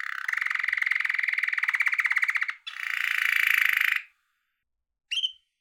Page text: little yellow canary playing, trilling and chirping in his birdgage.